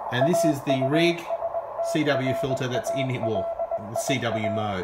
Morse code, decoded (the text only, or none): AUSTRALIA